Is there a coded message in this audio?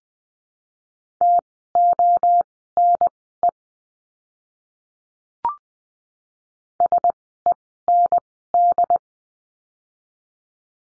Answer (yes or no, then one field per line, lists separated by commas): yes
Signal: Morse code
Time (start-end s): 1.2-9.0 s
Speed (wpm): 20 wpm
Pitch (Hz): 700 Hz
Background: none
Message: TONE SEND